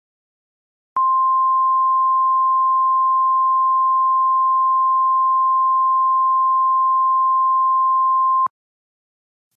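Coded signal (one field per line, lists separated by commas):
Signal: Emergency Alert System (SAME) tones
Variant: 1050 Hz attention tone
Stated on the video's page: Simulated EAS scenario.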